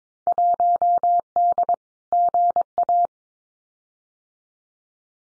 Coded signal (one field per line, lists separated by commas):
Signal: Morse code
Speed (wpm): 22 wpm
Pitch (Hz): 700 Hz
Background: none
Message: 1D GA